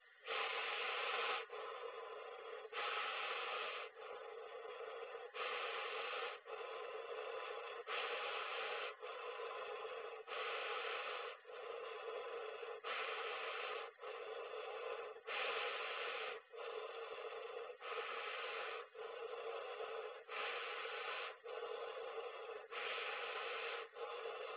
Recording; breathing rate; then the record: paced breathing near a phone; 24 breaths a minute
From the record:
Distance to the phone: 20 cm